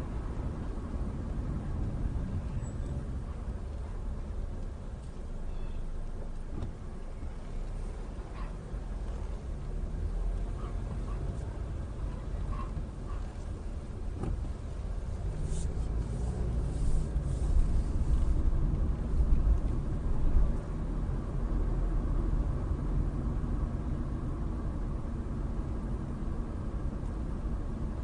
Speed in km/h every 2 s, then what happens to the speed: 16, 6, 2, 3, 8, 13, 8, 10, 18, 21, 24, 24, 24, 23.
0-5 slows to 2. 5-9 pulls away to 13. 13-20 speeds up to 24. 20-28 steady at about 24.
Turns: 11-17.